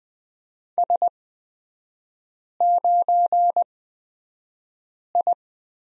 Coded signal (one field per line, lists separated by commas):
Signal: Morse code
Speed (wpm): 20 wpm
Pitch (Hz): 700 Hz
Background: none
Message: S9I